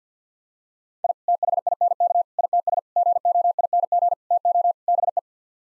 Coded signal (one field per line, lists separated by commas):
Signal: Morse code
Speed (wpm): 50 wpm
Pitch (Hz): 700 Hz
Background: none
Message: I THINK ITS GOING TO BE